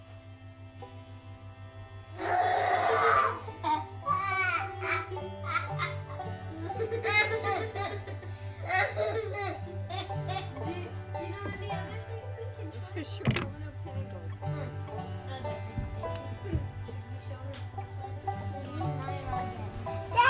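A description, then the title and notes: Recorded on a small island in the Bay of Exploits, Newfoundland: a steady low engine drone runs throughout, with a whining motor tone that shifts in pitch. Voices begin talking after two seconds and continue, and a sharp knock lands around thirteen seconds. A small island in the Bay of Exploits, Newfoundland.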